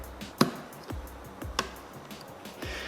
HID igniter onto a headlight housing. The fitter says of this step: Same way as it came off, it just comes back on and it clicks into place like so.